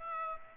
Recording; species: mosquito wingbeat signal from an infrared sensor; Aedes aegypti